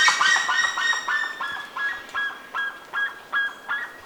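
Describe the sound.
Bird calls in a quick run of nasal honks, loud at first, then spaced out and softer.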